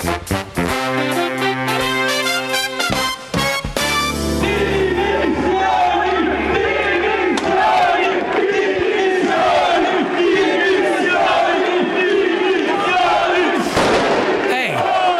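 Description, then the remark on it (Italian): A protest crowd in front of the Chamber of Deputies shouts and chants loudly and continuously, with sharp firecracker bangs popping now and then through the din after a brief opening of sustained, tonal horn-like notes. “Sentito anche i petardi. Questo è successo ieri alla Camera, di fronte alla Camera. Qualcuno ha contestato, non erano in molti, un po' le solite minoranze rumorose, però certo è una manifestazione significativa o no.”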